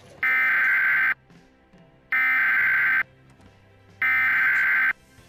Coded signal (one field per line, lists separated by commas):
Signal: Emergency Alert System (SAME) tones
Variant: header bursts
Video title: EAS Scenario #2: Shiver